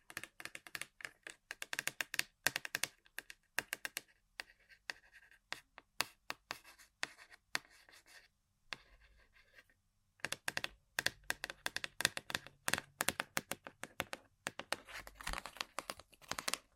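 Rapid, irregular tapping and scratching on objects, dense clicky bursts with brief pauses, thinning out around nine to ten seconds before resuming.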